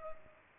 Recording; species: mosquito wingbeat signal from an infrared sensor; Culex pipiens